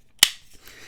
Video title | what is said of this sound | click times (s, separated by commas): Kizer Knives New Drop Coming: Fan Favorites Unveiled! | Nice positive click. | 0.2 s